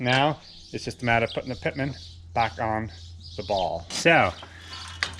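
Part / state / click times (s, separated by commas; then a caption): pitman arm socket onto mower ball joint / seated / 5.0 s. Someone talks while reattaching the pitman arm of a horse-drawn mower to its ball joint, pushing the metal socket down over the head of the ball. A sharp snap at 5.0 seconds marks the socket seating onto the ball.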